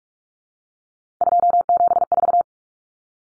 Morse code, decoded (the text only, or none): 274